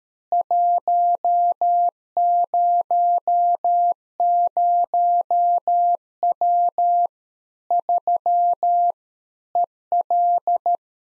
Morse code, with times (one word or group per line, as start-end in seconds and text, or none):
0.3-7.1 100W
7.7-8.9 3
9.6-10.8 EL